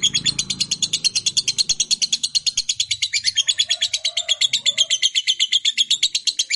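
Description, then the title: Lovebird keeping up a fast, steady rattling chatter of high pulsed notes throughout, with faint low rumbling noise early on. Fighter-type lovebird performing a long chattering call, called ngekek panjang. "Begitu Dengar Suara Lovebird FIGHTER NGEKEK PANJANG"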